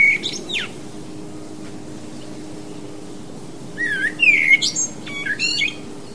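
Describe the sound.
Common blackbird with a brief opening note, then a later phrase of rich whistles breaking into thin, scratchy twittering, over a constant low hum.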